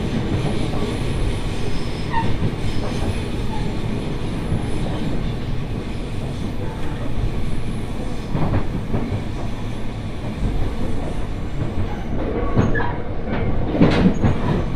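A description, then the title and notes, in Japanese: A ride on the Mizushima Rinkai Railway: a steady, dense low rumble of the train running, with rhythmic clatter throughout. Short sharp clicks and squeaks from the wheels and track appear around eight seconds and again more often from twelve seconds on, slightly louder near the end. 耳で楽しむ鉄道旅 水島臨海鉄道 倉敷市→三菱自工前。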